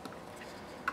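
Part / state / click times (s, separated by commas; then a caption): guitar string into bridge saddle slot / seated / 0.9 s. A second metal guitar string is moved over into its slot in the bridge saddle. After a faint tick near the start, it clicks into place at 0.9 s and is confirmed seated.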